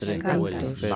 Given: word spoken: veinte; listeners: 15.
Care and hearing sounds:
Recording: one Spanish word in noise, from a listening test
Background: four-talker babble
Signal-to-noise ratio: -1.8 dB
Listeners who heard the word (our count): 0 of 15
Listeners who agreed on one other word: 9 of 15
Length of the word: 0.56 s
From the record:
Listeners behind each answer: 9, 3, 1, 1, 1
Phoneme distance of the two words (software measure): 44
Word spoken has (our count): 2 syllables, 6 phonemes, stress on syllable 1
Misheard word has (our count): 2 syllables, 6 phonemes, stress on syllable 1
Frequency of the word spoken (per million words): 82.59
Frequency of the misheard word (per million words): 0.43

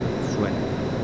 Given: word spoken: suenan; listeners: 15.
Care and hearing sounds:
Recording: one Spanish word in noise, from a listening test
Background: speech-shaped noise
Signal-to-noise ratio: -5.7 dB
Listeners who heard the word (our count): 1 of 15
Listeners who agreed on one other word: 9 of 15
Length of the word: 0.64 s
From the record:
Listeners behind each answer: 9, 3, 1, 1, 1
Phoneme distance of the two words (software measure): 7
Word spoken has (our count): 2 syllables, 6 phonemes, stress on syllable 1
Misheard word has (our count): 2 syllables, 5 phonemes, stress on syllable 1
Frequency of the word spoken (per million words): 5.18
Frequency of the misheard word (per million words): 21.54

